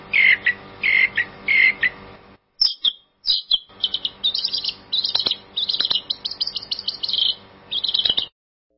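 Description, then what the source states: Long-tailed shrike song opening with three clear whistled notes, followed by a brief pause and a busy stream of scratchy, chattering high notes. Champion-grade songbird.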